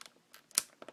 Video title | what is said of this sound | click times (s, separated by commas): Tutorial Part 1 Superman Christopher Reeve 78 6" 1/12 figure by GeekSummit | same trick we're going to jump in right there above the above that peg knock it out you'll hear it snap | 0.6 s